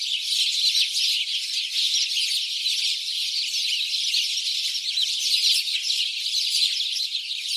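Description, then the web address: A mass of house sparrows calling together, busy overlapping cheeps forming a constant, slightly pulsing chatter. "SETE data Passer domesticus"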